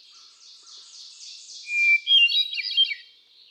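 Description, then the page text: Hermit thrush singing: softer repeated high notes, then a pure steady whistle followed by a rapid, shimmering cascade of fluty notes. Male singing on 13 June 2006 at Quabbin Park, Ware, Massachusetts, USA; cycles through a repertoire of about ten different songs. "Birdsong for the Curious Naturalist. Hermit thrush. ♫396. A truly gifted and inspiring songster, example 1. Can you hear how he cycles through his repertoire of about ten different songs? June 13, 2006. Quabbin Park, Ware, Massachusetts"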